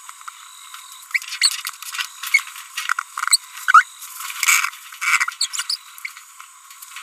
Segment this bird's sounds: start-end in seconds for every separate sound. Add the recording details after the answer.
1.42-1.60, 2.33-2.40, 3.69-3.82, 5.41-5.46, 5.54-5.62, 5.70-5.76. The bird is a female. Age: 30 days. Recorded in a nest box in Venezuela. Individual 17B42B3